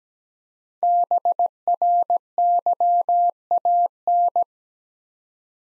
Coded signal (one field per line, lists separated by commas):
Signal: Morse code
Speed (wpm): 17 wpm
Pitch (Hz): 700 Hz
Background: none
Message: BRYAN